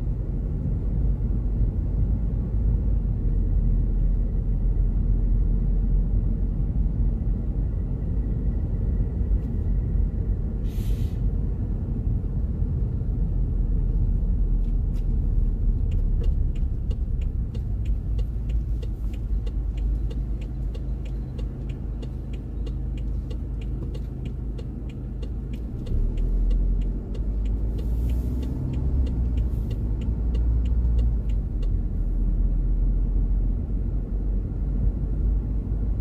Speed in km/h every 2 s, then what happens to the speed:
29, 32, 32, 34, 35, 34, 30, 27, 23, 10, 4, 3, 2, 14, 20, 23, 23, 28.
0-11 steady at about 32. 11-23 slows to 2. 24-36 pulls away to 28.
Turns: none.